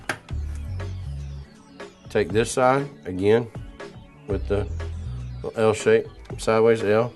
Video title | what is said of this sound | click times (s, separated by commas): University of Ghana - Distance Education Video Channel | I'm going to push until we click here it click | 0.1 s